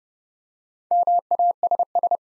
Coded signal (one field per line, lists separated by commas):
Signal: Morse code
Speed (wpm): 30 wpm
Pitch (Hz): 700 Hz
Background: none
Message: MASS